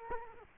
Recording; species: mosquito wingbeat signal from an infrared sensor; Culex quinquefasciatus